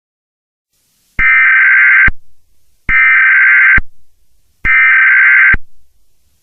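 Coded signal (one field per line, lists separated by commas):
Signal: Emergency Alert System (SAME) tones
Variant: header bursts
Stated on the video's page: Fictional EAS test set in the year 2029.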